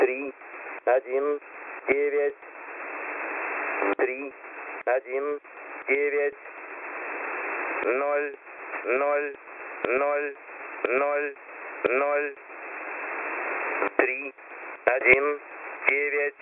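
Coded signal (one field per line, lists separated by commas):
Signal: numbers station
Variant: S06 Russian Man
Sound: male voice reading single digits one by one through steady shortwave hiss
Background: radio static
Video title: S06 Russian Man 02/12/2022 2000 UTC 5457kHz Windows XP Closing Sound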